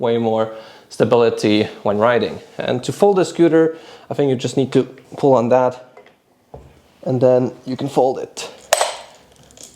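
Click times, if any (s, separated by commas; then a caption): 8.7 s. A person talks while pulling the release and folding the stem of a VSETT 8 electric scooter, and the metal folding latch snaps into the folding mechanism on the deck with one loud click at 8.7 s. The latch is seated, with strong springs in the mechanism giving it a firm snap.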